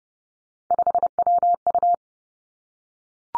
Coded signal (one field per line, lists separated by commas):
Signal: Morse code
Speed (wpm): 30 wpm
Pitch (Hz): 700 Hz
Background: none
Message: 5WU